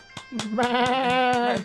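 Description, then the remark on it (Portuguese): A sheep lets out one long, wavering bleat lasting over a second, rich in harmonics, accompanied by faint regular clicking sounds in the background. “E tamén das 27 ovellas.”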